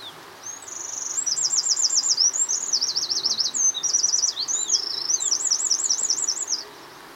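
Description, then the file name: Eurasian wren song: a loud, high, rapid run of shrill trills and ringing rattles, shifting between several fast phrases for about six seconds, over a quiet background. "Troglodytes troglodytes"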